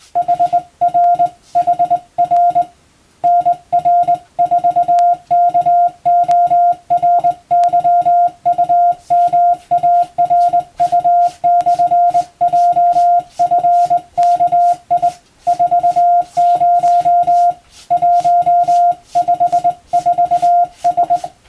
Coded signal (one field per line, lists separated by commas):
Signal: Morse code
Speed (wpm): 20 wpm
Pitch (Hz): 700 Hz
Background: music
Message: HR HR NR4 KORYUMARU/JFKI 40 154S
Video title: 【Radio operator morse practice】This is a practice scene for the practical exam for radio operators.